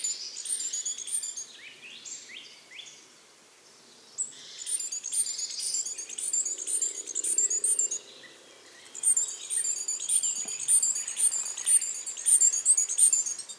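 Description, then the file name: Great tit calls: dense bursts of high, rapid chattering notes in phrases of a few seconds, with brief pauses between bursts. "Parus major"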